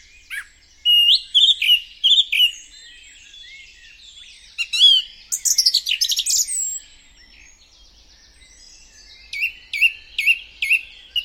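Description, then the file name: Song thrush song of varied phrases of whistled and scratchy notes, some repeated, separated by pauses. "song thrush singing"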